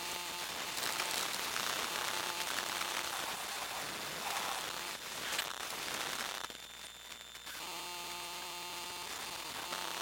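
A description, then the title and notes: A phone starting up, with dense crackling hiss and steady whining tones throughout, briefly thinning around seven seconds before the buzzing resumes. Nexus 5 Starting Up. A series of recordings performed with an Elektrosluch 3 active induction microphone.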